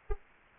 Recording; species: mosquito wingbeat signal from an infrared sensor; Anopheles arabiensis